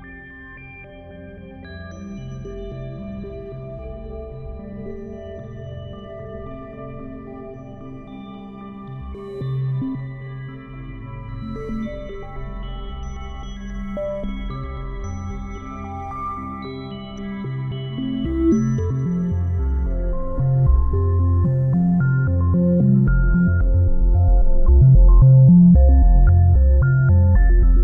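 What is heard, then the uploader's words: Test tones sound as layered, sustained pitches rich in overtones, weighted toward the low end and shifting slowly from one to the next. The level climbs gradually, and after about twenty seconds the low notes turn louder, denser and quickly pulsing. Test Tones. The Audio Units plug-ins used for live performance and responsible for random routing, processing and spatialization were built with SonicBirth. The live performance is done in Plogue Bidule.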